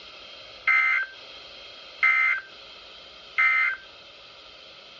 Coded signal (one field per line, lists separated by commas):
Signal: Emergency Alert System (SAME) tones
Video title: EAS 366, Flood Warning but huge